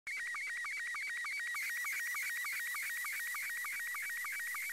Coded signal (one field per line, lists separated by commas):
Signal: SSTV (slow-scan television)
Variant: Robot 72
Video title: 🛰 UMKA-1 (RS40S) SSTV and TLM pass over THAILAND 9 Mar 2024